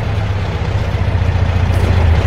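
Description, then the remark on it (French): A car that is not black arrives, its engine idling with a steady, low, throbbing rumble that grows slightly louder toward the end, with no voices. “Ah, voilà une auto qui arrive.”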